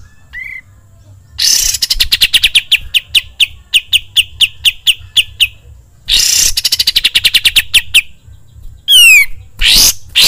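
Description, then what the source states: Bulbul song with a brief rising whistle, then long rapid rattling trills of evenly spaced notes, ending in quick descending sweeps and harsh bursts. Song used for training songbirds (masteran).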